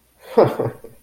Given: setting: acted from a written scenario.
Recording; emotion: vocal sound without words; amusement